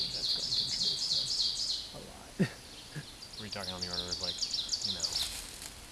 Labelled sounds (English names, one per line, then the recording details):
Ovenbird song
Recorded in a Pennsylvania forest on 17 May 2023 at 13:01
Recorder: AudioMoth, point grid1_7_low
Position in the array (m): 223 m, 50 m